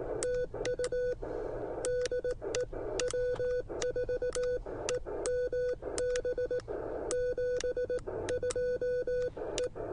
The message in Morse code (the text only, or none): TU DE W4EMB 72E